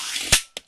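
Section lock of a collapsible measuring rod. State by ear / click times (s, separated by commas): seated / 0.3 s, 0.6 s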